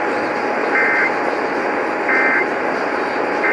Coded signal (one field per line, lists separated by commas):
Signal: Emergency Alert System (SAME) tones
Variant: end-of-message bursts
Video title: Pennsylvania's RMT (EAS #4464-4470)